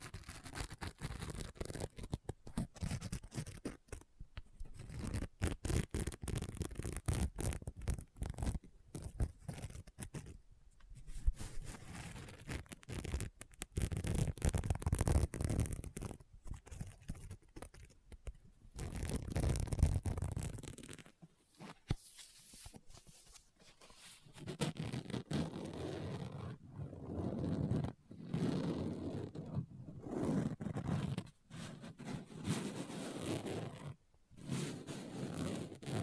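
Tapping, scratching and page turning on a book, made up of quick dry strokes and taps in uneven bursts. Busy rustling stretches alternate with short near-silent pauses, notably around 11, 21 and 34 seconds. The scratchy sounds are bright and papery throughout.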